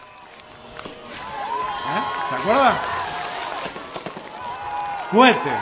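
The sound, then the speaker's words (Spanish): Rockets set off by people in a noisy crowd whistle up, with sharp firecracker bangs crackling throughout; two bright whistling bursts stand out, and a voice speaks briefly amid the din. “Cohetes, la gente tirando bombas, impresionante.”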